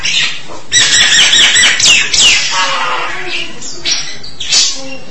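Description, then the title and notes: Starling song: a dense burst of rapid chattering and whistled notes, followed by quieter slurred whistles and rasping sounds. "suara burung jalak"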